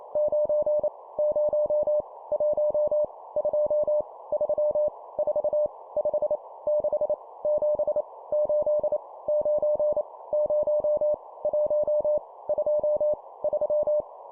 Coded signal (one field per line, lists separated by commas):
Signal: Morse code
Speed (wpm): 28 wpm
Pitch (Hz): 600 Hz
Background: none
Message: 9 0 1 2 3 4 5 6 7 8 9 0 1 2 3